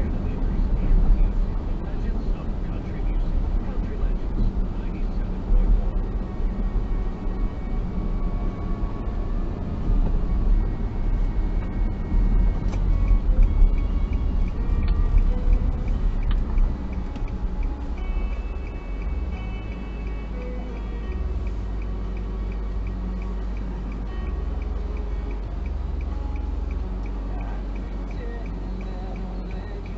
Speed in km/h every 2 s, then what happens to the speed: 58, 58, 58, 58, 58, 58, 48, 35, 13, 3, 2, 0, 0, 0, 0.
0-11 steady at about 58. 11-19 brakes to 2. 19-30 standing.